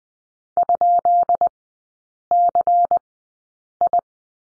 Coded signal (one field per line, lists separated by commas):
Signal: Morse code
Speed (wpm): 20 wpm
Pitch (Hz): 700 Hz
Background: none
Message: ?CI